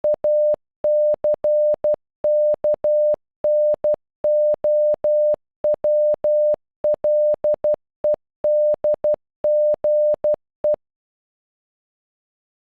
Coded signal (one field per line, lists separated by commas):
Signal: Morse code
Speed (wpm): 12 wpm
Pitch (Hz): 600 Hz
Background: none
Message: ACKNOWLEDGE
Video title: Acknowledge in Morse code